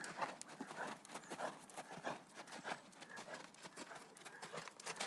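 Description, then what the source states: Horses galloping, with a steady stream of muffled hoof impacts in fast, irregular rhythm throughout. Horses galloping outside on sand.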